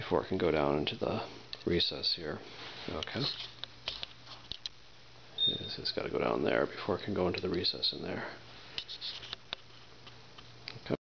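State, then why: Not seated. A servo motor is being worked down into a recess in a 3D printed plastic robot leg part while someone talks, with short sharp handling knocks and taps between the words. Nothing has seated yet; the servo is not home by the end of the clip.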